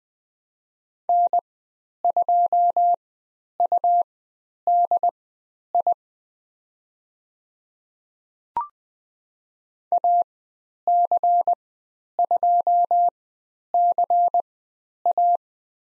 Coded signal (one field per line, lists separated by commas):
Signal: Morse code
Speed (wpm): 20 wpm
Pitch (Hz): 700 Hz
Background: none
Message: N2UDI AC2CA